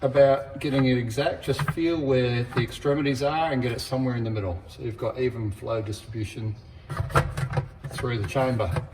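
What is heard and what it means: Someone talks while the top spray arm of a Tethys D60 T60 washer disinfector is handled, set roughly midway between its extremities for even flow distribution through the chamber, and moved back toward its mount. Two brief handling sounds occur at about 6.9 and 7.4 seconds, but the spray arm has not yet seated or clicked into place.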